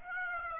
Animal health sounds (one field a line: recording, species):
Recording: mosquito wingbeat signal from an infrared sensor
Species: Aedes aegypti